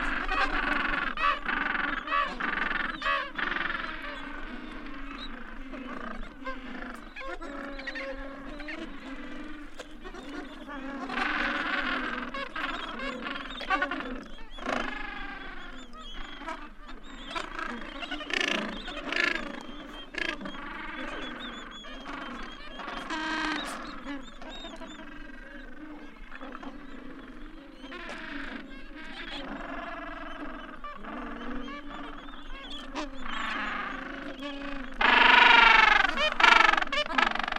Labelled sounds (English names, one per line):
Gentoo Penguin call